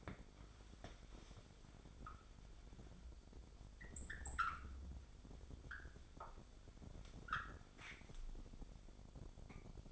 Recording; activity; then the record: daily activity, microphone in the room; wipe stove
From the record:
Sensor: 5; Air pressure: 1007.2 hPa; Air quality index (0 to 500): 173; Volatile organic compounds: 4 ppm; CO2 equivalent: 1658 ppm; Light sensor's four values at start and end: 53/146/58/58 and 53/144/57/58